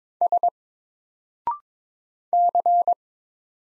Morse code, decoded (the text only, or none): S C